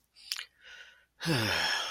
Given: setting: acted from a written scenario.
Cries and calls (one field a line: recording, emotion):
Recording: vocal sound without words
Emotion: contentment